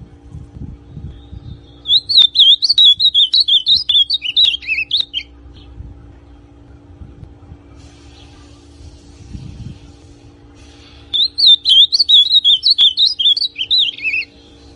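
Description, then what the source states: Ultramarine grosbeak delivering two warbled whistled phrases, each about three seconds of quick rising and falling notes, separated by several seconds of quiet with a low background hum. Classic song style, original.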